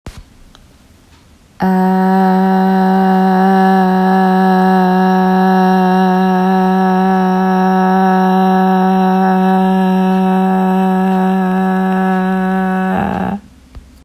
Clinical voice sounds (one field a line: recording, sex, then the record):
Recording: sustained vowel /a/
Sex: female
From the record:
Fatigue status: fatigue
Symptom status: symptomatic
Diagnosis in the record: COVID-19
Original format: m4a